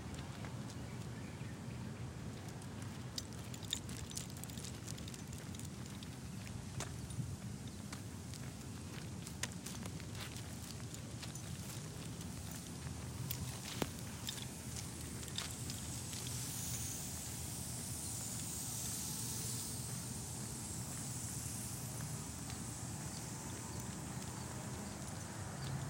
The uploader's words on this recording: Walking the dog at night through my neighborhood in Phoenix Arizona. Join me and my dog on a cool evening walk around our neighborhood.